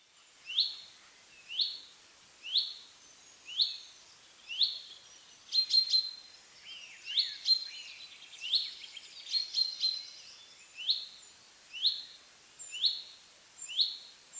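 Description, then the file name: Common chaffinch repeating a short, bright call about once per second in a steady series, with other high-pitched birds chirping briefly midway. "Fringilla coelebs"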